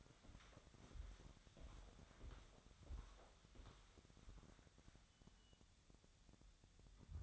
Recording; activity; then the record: daily activity, microphone in the room; walk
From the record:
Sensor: 3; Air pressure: 1015.3 hPa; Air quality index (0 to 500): 130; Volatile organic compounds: 6 ppm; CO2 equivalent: 1842 ppm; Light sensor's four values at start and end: 15/39/15/16 and 14/38/15/16